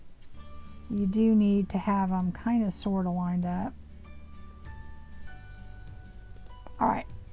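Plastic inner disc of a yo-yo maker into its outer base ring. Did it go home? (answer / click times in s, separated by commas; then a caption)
no / none. Someone talks over quiet background music while handling the plastic inner disc of a quilting yo-yo maker, with fabric over it, and its outer plastic base ring. A brief louder sound is heard near 6.7 seconds, but nothing has seated or clicked yet: the disc has not been pressed home into the base ring.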